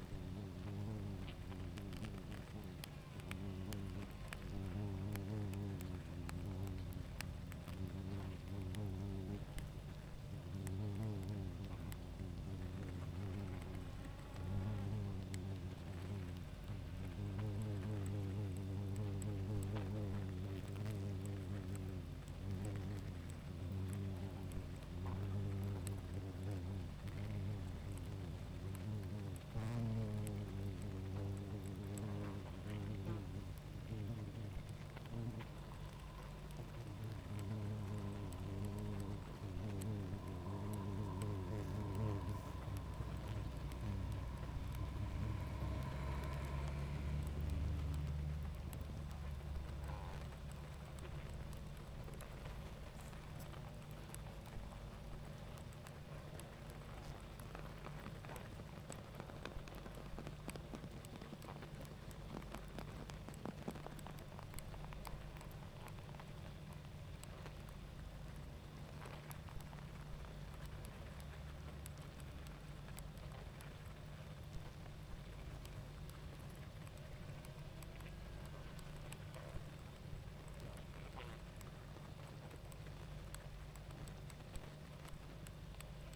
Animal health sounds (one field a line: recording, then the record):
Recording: honeybee colony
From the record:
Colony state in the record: active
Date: 28 July 2017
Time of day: 21:00